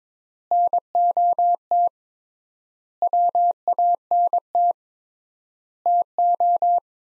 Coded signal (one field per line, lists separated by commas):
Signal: Morse code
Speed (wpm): 22 wpm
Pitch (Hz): 700 Hz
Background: none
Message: NOT WANT TO